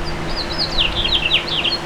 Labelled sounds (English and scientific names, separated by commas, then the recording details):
House Finch (Haemorhous mexicanus) song
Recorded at Merrick on Long Island, New York, on 17 May 2013
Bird B